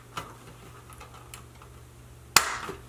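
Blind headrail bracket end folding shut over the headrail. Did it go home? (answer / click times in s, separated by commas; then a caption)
yes / 2.4 s. The hinged end of a metal headrail mounting bracket is folded over and pushed in until it locks around the headrail of an outside-mount 2.5-inch faux wood blind. A few faint taps and rustles come first, around 0.2 s and 1.3 s, then a loud, sharp click at 2.4 s rings briefly. The bracket end is locked shut, seated on the headrail.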